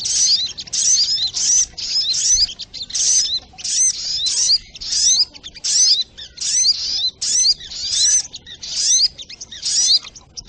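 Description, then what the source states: Little spiderhunter song: dense high-pitched bursts of rapid swept, chirping notes, each about half a second, repeated roughly every second with short gaps. Masteran training recording, labelled Labaik.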